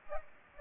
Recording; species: mosquito wingbeat signal from an infrared sensor; Aedes aegypti